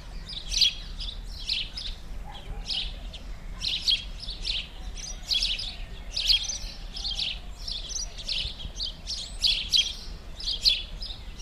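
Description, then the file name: House sparrow chirps, short bright notes repeated in rapid irregular bursts, with a low steady background hum. "Passer domesticus"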